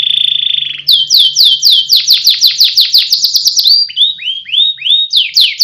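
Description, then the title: Canary song: a level buzzy tone gives way to evenly repeated falling whistled notes, then lower looping slurs and renewed fast notes. Competition canary, national champion singer; song used as a master recording for training. "Masteran Kenari Lomba Juara Nasional"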